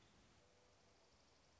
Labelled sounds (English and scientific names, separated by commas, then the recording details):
Dark-eyed Junco (Junco hyemalis)
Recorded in Sonoma County, California